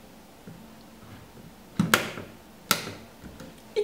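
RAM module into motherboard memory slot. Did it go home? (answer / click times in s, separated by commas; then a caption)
yes / 1.9 s, 2.7 s. A RAM module is pushed into a motherboard memory slot until the side retention clips snap closed, with two sharp clicks at 1.9 s and 2.7 s against a quiet background. The module is seated correctly.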